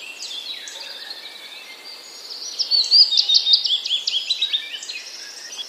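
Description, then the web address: Willow warbler singing a sweet phrase of high notes that slide gently downward, over a backdrop of other birds twittering. Wroblowe, Poland, 12 April 2009. "wroblowe piecuszek 12 04 2009"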